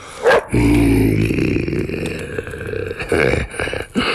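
A dog growls in a low, rough, sustained rumble, broken by a few short, sharp barks. The sounds are loud and continuous, with no talking.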